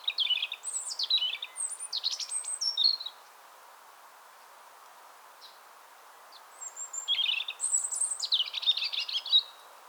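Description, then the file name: European robin singing two separate phrases of high, rapid warbled notes and thin whistles, with a pause of several seconds between them over low background noise. "Erithacus rubecula"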